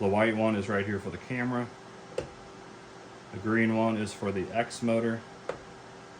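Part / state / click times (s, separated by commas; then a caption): motor cable connector into printer board socket / seated / 5.5 s. Someone talks while the color-coded green X-motor cable connector is pushed into its socket on a Bambu Lab A1 3D printer. A short click is heard at 2.2 s, and the connector clicks and locks in place at 5.5 s, seated.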